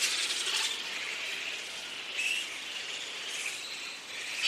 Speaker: And this is the sound of many grey-headed flying foxes.